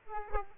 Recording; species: mosquito wingbeat signal from an infrared sensor; Aedes aegypti